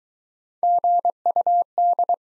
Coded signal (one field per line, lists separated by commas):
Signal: Morse code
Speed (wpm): 23 wpm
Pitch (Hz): 700 Hz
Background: none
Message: GUD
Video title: Top 20 QSO Elements - Speed-Racing - 17wpm